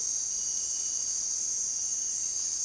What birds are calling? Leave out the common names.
none